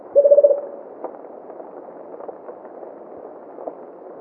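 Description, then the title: Rufous-capped motmot calling once: a brief, low, rapidly pulsed hoot near the start, followed by a constant muffled rumble. "LuckyPassaro Completos2Sama. Rufous-capped Motmot (Baryphthengus ruficapillus)"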